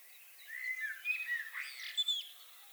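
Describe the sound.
Common blackbird singing a short warbled phrase of fluty, slurred notes that rise and fall, ending with a few thin high whistles; faint steady hiss behind.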